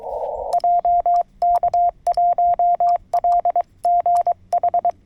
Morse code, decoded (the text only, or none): JK1LGH